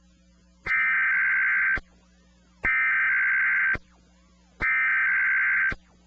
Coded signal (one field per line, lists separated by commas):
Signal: Emergency Alert System (SAME) tones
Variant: header bursts